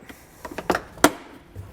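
The plastic cargo threshold trim panel on the rear cargo sill of a 2023 Subaru Outback Wagon is pried up, and a trim tool or flathead screwdriver can be used along its edge. A few quieter snaps come around 0.5–0.7 s, then a loud sharp pop at 1.0 s as a snap-in clip releases from the body. The panel comes out easily, with its clips popped free.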